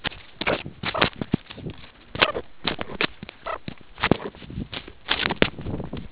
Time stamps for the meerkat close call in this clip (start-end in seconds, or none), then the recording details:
0.94-1.04, 2.18-2.34, 3.45-3.59. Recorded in the Kuruman River Reserve, South Africa. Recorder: an audio tag on a meerkat's collar